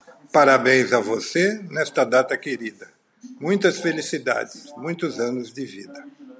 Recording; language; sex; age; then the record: short text; Brazilian Portuguese; male; 60 to 69 years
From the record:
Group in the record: control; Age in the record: 67 years